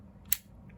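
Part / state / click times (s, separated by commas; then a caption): pistol slide onto polymer frame / seated / 0.3 s. During reassembly of an Australian-made, titanium-coated Glock 19 Gen 4 pistol, the slide is fitted from the top onto the polymer frame rails and pushed home. A single sharp, bright click at 0.3 s rises well above a quiet background and fades quickly. The slide is seated on the frame.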